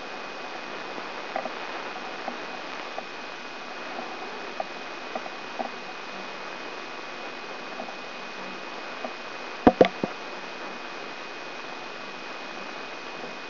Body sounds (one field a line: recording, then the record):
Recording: brain microelectrode recording played as sound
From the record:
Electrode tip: outside the subthalamic nucleus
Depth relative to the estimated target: -2.3 mm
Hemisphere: right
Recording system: AlphaMap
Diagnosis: Parkinson's disease